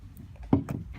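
A microSD memory card is pushed into the card slot on the back of a floodlight security camera, behind a plastic port cover, and clicks into place at 0.5 s. A few faint ticks come before it, and a second softer tick follows at about 0.7 s. The card is seated.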